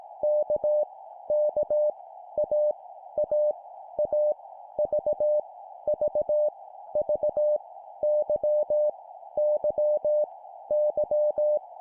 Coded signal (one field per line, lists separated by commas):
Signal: Morse code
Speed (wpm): 18 wpm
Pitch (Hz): 600 Hz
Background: none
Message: K K A A A V V V Y Y Y